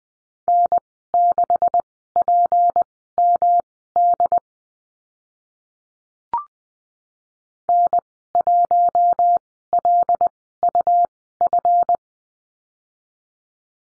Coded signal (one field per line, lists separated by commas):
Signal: Morse code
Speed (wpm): 20 wpm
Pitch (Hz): 700 Hz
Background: none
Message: N6PMD N1LUF